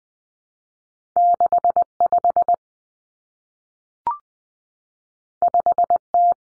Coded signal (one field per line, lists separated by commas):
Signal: Morse code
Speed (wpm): 20 wpm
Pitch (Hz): 700 Hz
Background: none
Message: 65 5T